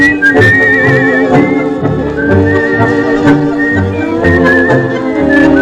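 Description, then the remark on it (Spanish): Tango violins play high, thin gliding tones that mimic a whistle, repeating in short phrases over a steady, strongly marked orchestral pulse of bass and chords, loud and with no voices. “Esos son los violines.”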